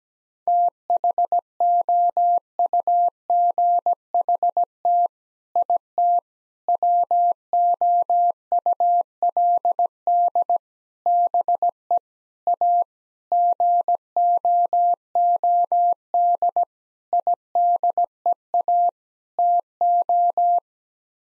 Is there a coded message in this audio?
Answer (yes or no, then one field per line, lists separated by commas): yes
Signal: Morse code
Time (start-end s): 0.5-20.6 s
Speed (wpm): 17 wpm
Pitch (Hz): 700 Hz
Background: none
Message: THOUGHT IT WOULD BE A GOOD IDEA TO